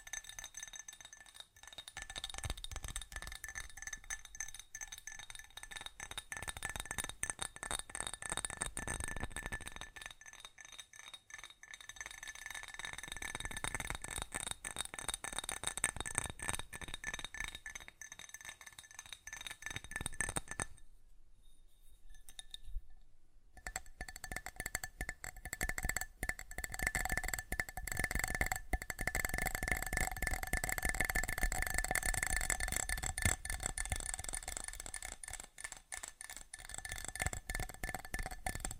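Fast, dense tapping with a bright, clinking glassy quality runs through most of the recording, steady clicks packed closely together. The tapping swells and eases in loudness in waves, and around 21 to 23 seconds it stops almost completely for a brief pause before resuming.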